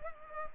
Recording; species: mosquito wingbeat signal from an infrared sensor; Culex pipiens